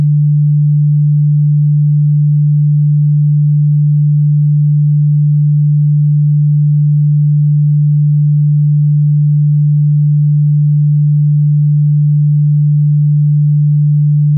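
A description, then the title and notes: A pure 147.85 Hz tone plays without a break, a single low steady pitch that never wavers. Its loudness holds constant from start to finish, with no other sounds, no fades and no background noise. PURE 147.85 HZ. Corresponds to the tone D in the 37th octave with 147.85 Hz.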